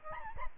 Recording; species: mosquito wingbeat signal from an infrared sensor; Aedes albopictus